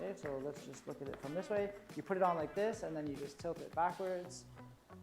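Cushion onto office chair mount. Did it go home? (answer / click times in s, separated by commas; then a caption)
no / none. A cushion is put onto the plastic mount of an office chair and tilted backwards while someone talks. Nothing has seated or clicked yet; the clip ends just before the cushion goes home.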